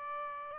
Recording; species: mosquito wingbeat signal from an infrared sensor; Aedes albopictus